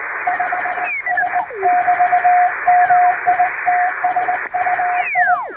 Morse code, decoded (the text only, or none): 5S<BT>MITSUI